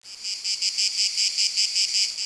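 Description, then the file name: Cicada call, a loud high buzz with rapid regular pulses, steady throughout. "cigarra"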